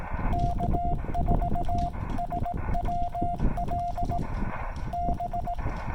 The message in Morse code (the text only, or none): K4SWL B